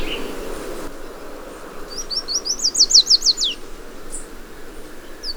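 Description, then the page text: Yellow warbler singing one fast, sweet phrase of high down-slurred notes that grow louder, then end with a quick falling flourish; a faint low hum underneath. ""Los Colores que Cantan". "Canario de Mangle" "Yellow Warbler" Dendroica petechia"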